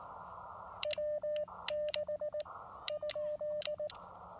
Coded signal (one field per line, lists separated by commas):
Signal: Morse code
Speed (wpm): 18 wpm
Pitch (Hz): 600 Hz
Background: none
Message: W6 ?